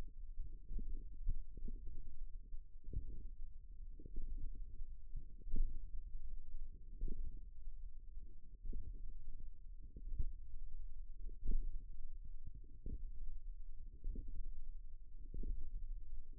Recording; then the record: forearm muscle sounds (acoustic myography)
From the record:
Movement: hand opening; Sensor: system 1, eight BSWA MPA416 microphones around the upper forearm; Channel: 8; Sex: female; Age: 20 years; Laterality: right